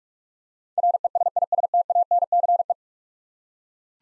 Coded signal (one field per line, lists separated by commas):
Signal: Morse code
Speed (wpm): 44 wpm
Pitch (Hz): 700 Hz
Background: none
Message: RESISTANCE